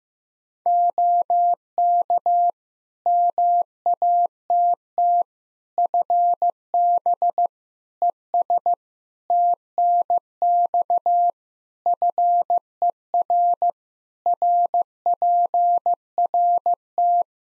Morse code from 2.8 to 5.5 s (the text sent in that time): MATT